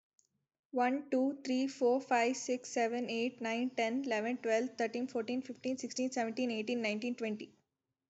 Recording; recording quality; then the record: counting at a fast pace; excellent, no background noise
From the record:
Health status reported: healthy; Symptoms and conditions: none ticked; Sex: female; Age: 19 years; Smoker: not ticked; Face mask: not worn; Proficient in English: yes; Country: India